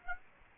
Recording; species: mosquito wingbeat signal from an infrared sensor; Aedes aegypti